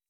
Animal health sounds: hydrophone in a shrimp aquaculture tank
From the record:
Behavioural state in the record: weakened

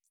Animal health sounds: hydrophone in a shrimp aquaculture tank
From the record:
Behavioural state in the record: feeding

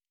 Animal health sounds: hydrophone in a shrimp aquaculture tank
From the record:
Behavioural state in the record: normal

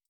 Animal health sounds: hydrophone in a shrimp aquaculture tank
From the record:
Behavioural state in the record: feeding

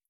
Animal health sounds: hydrophone in a shrimp aquaculture tank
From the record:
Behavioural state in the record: stressed

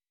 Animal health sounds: hydrophone in a shrimp aquaculture tank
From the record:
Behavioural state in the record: weakened

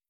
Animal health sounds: hydrophone in a shrimp aquaculture tank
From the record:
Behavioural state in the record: starved

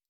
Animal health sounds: hydrophone in a shrimp aquaculture tank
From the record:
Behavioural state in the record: stressed

